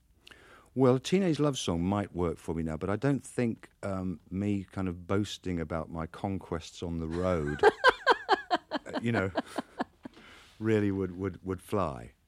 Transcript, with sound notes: Well, a teenage love song might work for me now, but I don't think me kind of boasting about my conquests on the road...
(Laughter).
...You know, really would fly.